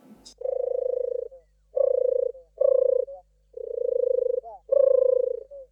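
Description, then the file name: European turtle dove delivering low, rolling pulsed purrs in five drawn-out phrases, after a brief click at the start. "Tortora"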